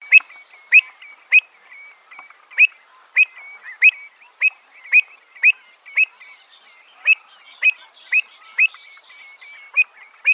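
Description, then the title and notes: Pied Avocet calls: many sharp, clipped high notes in a long series, with a faint thin whistle between them. "Alfaiate. Recurvirostra"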